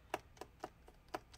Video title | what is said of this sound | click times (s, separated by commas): Dell Inspiron 5570 Complete Disassembly RAM SSD Hard Drive Upgrade Repair Replace Keyboard 1 of 3 | as you can hear it makes that clicking sound so | 0.1 s, 1.1 s